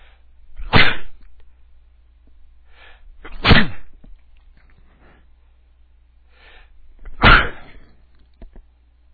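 Three sharp, explosive sneezes from an adult man, each after a quick inward breath, a few seconds apart.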